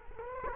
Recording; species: mosquito wingbeat signal from an infrared sensor; Culex quinquefasciatus